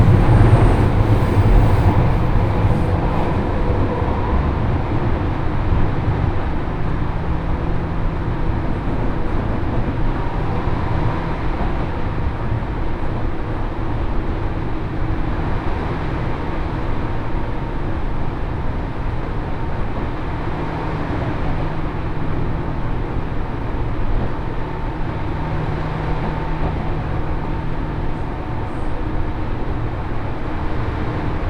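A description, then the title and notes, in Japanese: A Senseki Line local train runs from Matsushima-Kaigan toward Ishinomaki, with a dense, steady low rumble of the moving train throughout. Faint motor hums rise and fade now and then, and a thin whine sits above the roar. Loudness stays even. 仙石線 普通 松島海岸→石巻。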